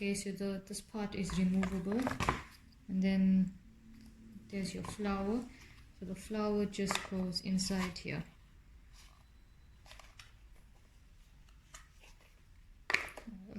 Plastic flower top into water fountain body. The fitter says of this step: doesn't like click. You just have to press it down. There's no click.